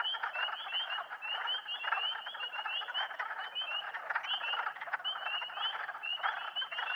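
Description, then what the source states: Spring peepers in a full chorus, many high, clear rising peeps overlapping almost without pause above a rough, lower frog chorus. More than one spring peeper calling.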